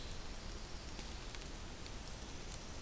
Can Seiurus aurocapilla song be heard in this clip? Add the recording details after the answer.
no. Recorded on 2 June 2016 at 07:20. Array SBT-3-7